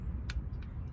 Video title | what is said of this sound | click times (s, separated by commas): “How To”: Gen 3 LS Motor Oil Cooler/Backing Plate Gasket Replacement | seven inch pounds little click | 0.3 s